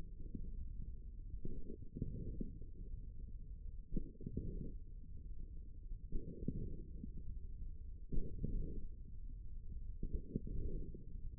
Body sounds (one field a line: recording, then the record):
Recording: forearm muscle sounds (acoustic myography)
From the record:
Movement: hook grip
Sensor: system 1, eight BSWA MPA416 microphones around the upper forearm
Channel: 7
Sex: male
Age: 54 years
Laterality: right